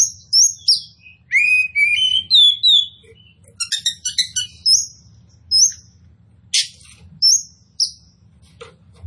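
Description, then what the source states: Oriental magpie-robin singing clear high whistled phrases and short chirps, separated by brief pauses, with a few sharp buzzy notes and soft low background hum. Local variety called kacer poci, described as gacor, singing vigorously and persistently.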